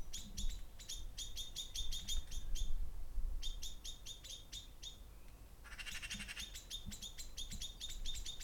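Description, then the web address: Birds chirping in quick bursts of short, high, sharp notes with brief pauses, growing denser toward the end, over a low traffic rumble. Songs with cars passing by. "pdsounds sounds birds songs and cars passing by"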